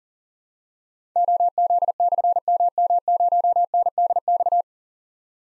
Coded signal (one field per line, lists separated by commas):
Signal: Morse code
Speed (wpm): 40 wpm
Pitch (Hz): 700 Hz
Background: none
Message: OZ/MM0NDX